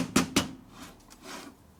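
A piston ring on a 1977 Harley-Davidson XLCR 1000cc Sportster ironhead piston is rolled around and pushed into the cast-iron cylinder bore during a motor rebuild. Two sharp metallic taps are heard at about 0.2 and 0.4 seconds, followed by quieter handling noise. Nothing has seated or clicked into place yet.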